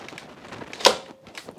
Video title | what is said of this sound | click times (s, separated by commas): BOBOT DEEP 832 Hard Floor Cleaner Review & Demonstration | just snaps into place | 0.9 s